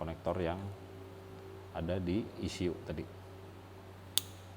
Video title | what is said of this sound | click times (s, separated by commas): Simulasi Digital Electronic Control Mesin Tempel / Motor Tempel Yamaha | klik ya ini untuk yang port | 4.2 s